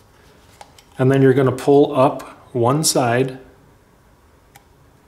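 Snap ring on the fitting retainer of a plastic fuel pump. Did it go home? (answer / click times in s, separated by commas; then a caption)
yes / 4.6 s. One side of a metal snap ring is pulled up over the retainer on the outlet of a Kohler plastic fuel pump. Someone talks from about 1.0 to 3.5 s, with faint ticks at 0.6 and 0.8 s before that. At 4.6 s a sharp click is heard as the snap ring snaps into its groove and seats.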